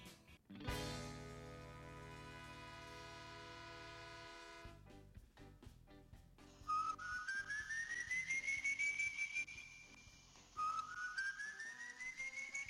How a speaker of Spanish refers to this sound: silbando el llano con cámara en mano. Así es, tenebroso. La cuestión del silbón